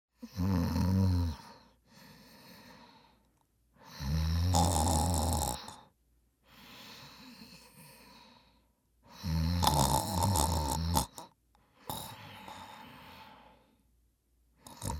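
An adult sleeper snores: three loud, low, rattling snores on the in-breath, each about one to two seconds long, alternate with softer airy out-breaths. The breathing runs at roughly 12 breaths a minute. This is ordinary snoring.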